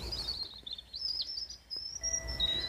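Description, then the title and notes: European Robin song, a short run of high, thin, sweet twittering notes over a low background rumble. "Robin : Recording of a European Robin in Berlin in October 2023. Copyright Lars Lachmann"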